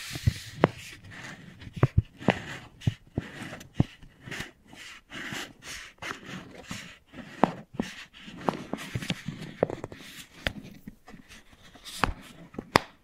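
Wooden balls knock and click in quick irregular bursts, sharp bright taps every half second or so over soft rolling and rubbing sounds.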